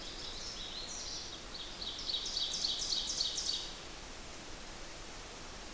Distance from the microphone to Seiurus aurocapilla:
about 35 m